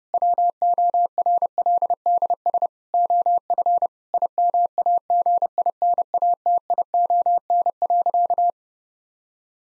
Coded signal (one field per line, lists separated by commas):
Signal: Morse code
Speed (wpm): 30 wpm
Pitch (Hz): 700 Hz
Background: none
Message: WORLDS OF IMAGINATION.